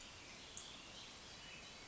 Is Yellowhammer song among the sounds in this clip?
no